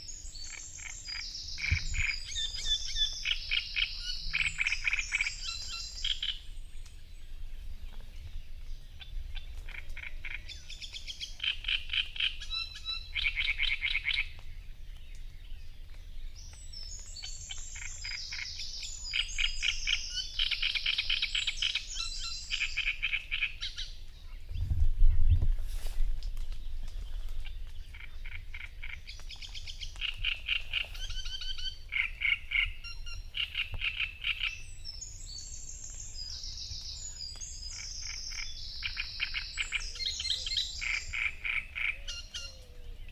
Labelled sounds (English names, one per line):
Great Reed Warbler song